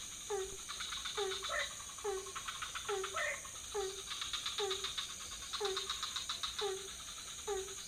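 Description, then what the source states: Frogs give short sliding notes in a steady series, with occasional higher notes and clattering rattles over a constant high drone. Several frog species calling at night in a pond near a hotel in Ubud, Bali, Indonesia; recorded with Sony PCM D50, Rode NT4 and boompole.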